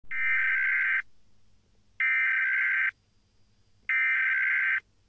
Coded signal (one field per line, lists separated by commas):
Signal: Emergency Alert System (SAME) tones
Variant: header bursts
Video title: Rating EAS alarm(by how scary they are) for no reason